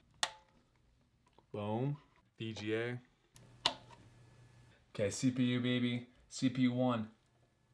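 A CPU power cable plug is being handled and pushed with force toward its header on a motherboard. Sharp knocks sound near 0.2 s and 3.7 s while someone talks in between. The plug has not seated or clicked in yet when the clip ends.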